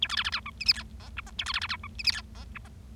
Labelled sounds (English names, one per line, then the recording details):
Bengalese Finch song
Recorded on 25 March 2012 at 19:14
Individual gy6or6